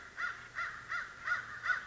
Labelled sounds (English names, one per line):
American Crow